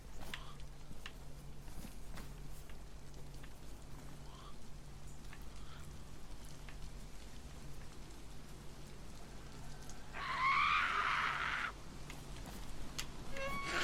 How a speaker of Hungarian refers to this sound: Oh no, elkezdett esni az eső.